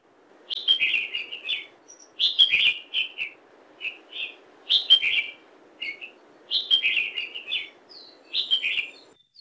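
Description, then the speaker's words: Red-whiskered Bulbul song: short bright warbled phrases of chirpy notes, repeated roughly every two seconds throughout, with faint background noise. Introduced species on Oahu, Hawaii, native to southern Asia; escaped caged birds; high-pitched warbling song heard in the morning dawn chorus. "Their high-pitched warbling song can commonly be heard as part of the dawn chorus outside your window in the morning in many places across Oahu."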